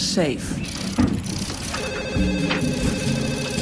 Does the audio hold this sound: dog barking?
no